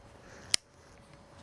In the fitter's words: Snap right in there just fine.